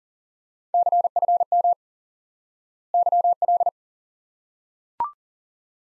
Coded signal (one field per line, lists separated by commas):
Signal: Morse code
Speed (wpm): 39 wpm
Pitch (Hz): 700 Hz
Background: none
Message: CFM YL